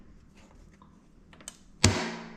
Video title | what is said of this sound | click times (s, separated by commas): How to upgrade your lighting. Recessed lighting makes a huge difference. | it pops right into place okay | 1.8 s